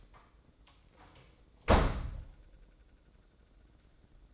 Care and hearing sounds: daily activity, microphone in the room; close door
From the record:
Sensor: 3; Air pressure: 1012.3 hPa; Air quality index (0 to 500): 178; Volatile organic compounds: 3 ppm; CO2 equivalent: 1358 ppm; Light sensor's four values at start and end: 562/1398/577/589 and 562/1396/576/589

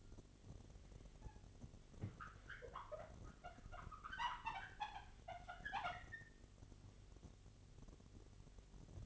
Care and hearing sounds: daily activity, microphone in the room; wipe stove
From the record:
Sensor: 4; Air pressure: 1007.9 hPa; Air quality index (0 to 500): 196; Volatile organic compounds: 7 ppm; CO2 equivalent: 1956 ppm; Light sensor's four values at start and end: 22/70/27/26 and 22/70/27/26

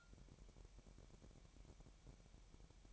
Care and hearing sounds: daily activity, microphone in the room; take from stove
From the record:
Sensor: 1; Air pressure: 1012.1 hPa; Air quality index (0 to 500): 223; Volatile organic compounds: 5 ppm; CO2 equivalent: 1784 ppm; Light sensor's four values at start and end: 72/170/73/77 and 72/169/73/77

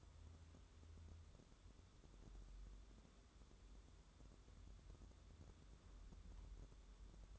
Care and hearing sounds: daily activity, microphone in the room; wipe stove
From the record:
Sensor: 3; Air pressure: 1015.1 hPa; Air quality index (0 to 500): 61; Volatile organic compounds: 1 ppm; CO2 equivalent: 794 ppm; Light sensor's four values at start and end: 15/39/15/16 and 15/39/15/16

